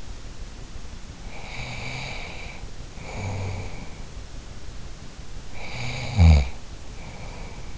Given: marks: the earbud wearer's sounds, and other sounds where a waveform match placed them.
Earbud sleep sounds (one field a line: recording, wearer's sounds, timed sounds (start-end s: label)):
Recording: sounds in sleep by an in-ear microphone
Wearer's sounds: breath, snoring breath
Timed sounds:
1.22-4.23 s: breath
5.52-7.78 s: snoring breath